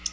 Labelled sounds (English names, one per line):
Black-throated Blue Warbler flight call